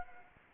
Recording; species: mosquito wingbeat signal from an infrared sensor; Anopheles gambiae